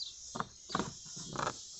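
Someone handles the plastic electrical connector as it goes back onto the coolant temperature sensor at the thermostat housing of a 1999 Ford Ranger XLT 4.0. Three short bursts of handling noise sit over a steady hiss, with sharp taps near 0.4 s, 0.8 s and 1.4 s. The connector has not snapped on or seated yet.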